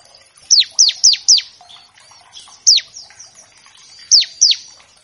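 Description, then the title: Bar-winged prinia: four fast, falling whistled notes, then a single note, then a final pair, over quiet background twitter. Energetic (gacor) bar-winged prinia in a master track used to tutor captive birds of all kinds; used as a lure to make untrained prinias start singing quickly. "Masteran Ciblek Gacor Vs Kenari Gacor Untuk Masteran Semua Jenis Burung. Pancingan Ciblek bahan agar cepat bunyi. Burung Ciblek"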